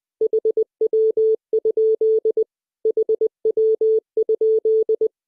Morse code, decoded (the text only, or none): HW? HW?